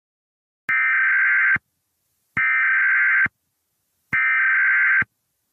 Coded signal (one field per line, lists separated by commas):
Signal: Emergency Alert System (SAME) tones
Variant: header bursts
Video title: EAS scenario: Chernobyl